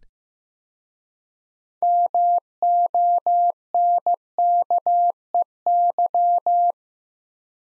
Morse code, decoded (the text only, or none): MONKEY